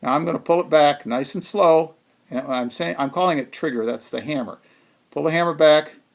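Someone talks while slowly pulling back the hammer in the trigger mechanism of a Ruger LC9 pistol during magazine disconnect removal. The hammer is handled but has not yet reached its locked position, and nothing has seated or clicked yet.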